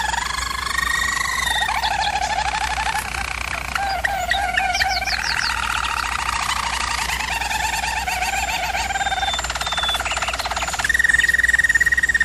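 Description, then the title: German Roller canary song: continuous rolling trills shifting between tours, with short rapid note bursts and a higher steady roll at the end, low hum throughout. Canary training recording of a German Roller canary singing. "German Roller Canary Singing - Canary Training Vid"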